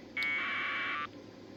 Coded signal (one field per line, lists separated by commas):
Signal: packet radio (AX.25, as in APRS)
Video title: Got the correct software for the tariff ham radios 📻 😋 🙌 👌 aprs time!